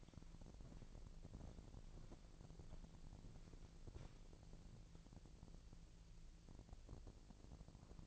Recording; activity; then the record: daily activity, microphone in the room; walk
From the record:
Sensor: 5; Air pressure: 1002.1 hPa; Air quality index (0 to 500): 244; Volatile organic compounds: 29 ppm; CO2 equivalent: 2930 ppm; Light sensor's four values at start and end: 33/78/32/35 and 33/78/33/35